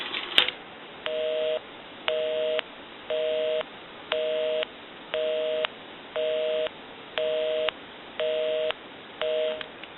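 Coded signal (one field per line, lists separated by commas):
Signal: telephone call progress tone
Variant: North America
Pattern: busy tone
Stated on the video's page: Heard on a 236G three-slot payphone during checkout and repair conversion.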